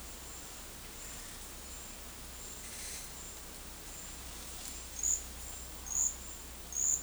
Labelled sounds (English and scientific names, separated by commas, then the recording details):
none
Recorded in dense forest near Puerto Asís, Putumayo, Colombia, on 21 February 2024 at 12:00
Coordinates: 0.484, -76.317
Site G6464